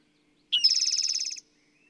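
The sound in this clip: Bird trill: one rapid, even rattle of high notes lasting just under a second, starting with a short sharp note, in otherwise quiet surroundings.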